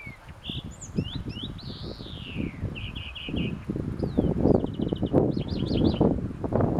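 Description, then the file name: European greenfinch twittering, with varied short trills, slurred falling notes and a zigzag trill near the end, against constant low rumbling noise. "Chloris chloris"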